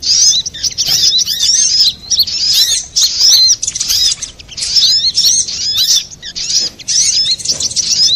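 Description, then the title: Little spiderhunter song in repeated bursts of rapid, high, curling chirps, each run lasting about a second or two before a short break. Master recording of the Labaik type, made for training cage birds. "Masteran Burung Sogok Ontong Labaik"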